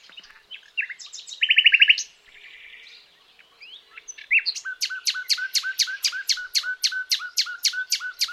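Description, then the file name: Common nightingale song: varied chirps and a rapid rattled phrase, then a loud series of whistled, down-swept notes repeated about three to four times a second. "Luscinia megarhynchos"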